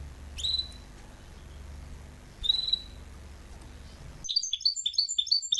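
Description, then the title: Canary giving two short, separated whistled chirps over low hum, then breaking into a quick sequence of bright, bouncing song notes. Male Belgian canary singing a lot; training recording meant to warm up young birds within 30 minutes. "Canary Training 17 Esquente Seu Filhote E Canario Belga Em 30 Minutos Macho Cantando Muito"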